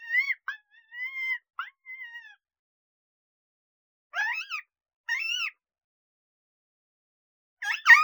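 Coyote pups giving a few drawn-out whines, two separate squeals after a pause, and a sharp burst at the end.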